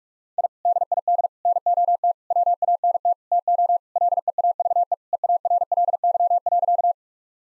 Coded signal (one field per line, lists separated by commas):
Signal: Morse code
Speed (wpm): 48 wpm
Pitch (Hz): 700 Hz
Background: none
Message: I DID NOT WANT TO LEAVE EARLY.